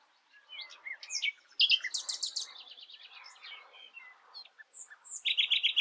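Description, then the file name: Common nightingale song: a dense tangle of varied chirps, whistles and buzzes, with a fast metallic trill at the end. "Luscinia megarhynchos"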